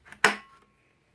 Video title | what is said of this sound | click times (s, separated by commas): DeWalt XR 20V MAX Cordless Blower Review (DCBL720B) | her in and until you hear it click and | 0.2 s